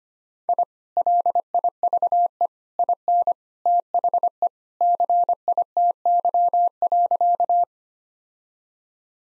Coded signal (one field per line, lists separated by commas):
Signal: Morse code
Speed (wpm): 25 wpm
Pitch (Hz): 700 Hz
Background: none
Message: I LIVE IN THE CITY.